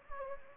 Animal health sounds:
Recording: mosquito wingbeat signal from an infrared sensor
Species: Anopheles gambiae

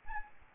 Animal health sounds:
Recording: mosquito wingbeat signal from an infrared sensor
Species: Aedes albopictus

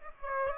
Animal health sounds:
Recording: mosquito wingbeat signal from an infrared sensor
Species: Aedes aegypti

